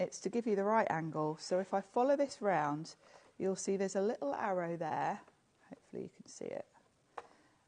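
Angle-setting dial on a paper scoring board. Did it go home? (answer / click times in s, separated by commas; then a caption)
yes / 7.2 s. Someone talks while turning a small angle-setting dial on the side of a paper scoring board round to the arrow mark for 45 degrees. After a few quieter handling sounds, a single sharp tick is heard at 7.2 s as the dial locks into position.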